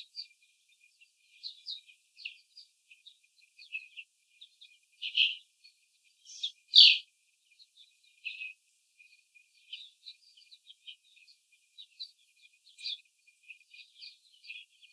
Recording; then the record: young laying hens in a cage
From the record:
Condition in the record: before the stressor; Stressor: simulated dog barking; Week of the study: 4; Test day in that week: 3